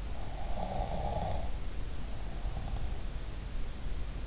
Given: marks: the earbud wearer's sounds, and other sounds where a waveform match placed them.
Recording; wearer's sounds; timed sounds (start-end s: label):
sounds in sleep by an in-ear microphone; snoring breath
0.05-3.04 s: snoring breath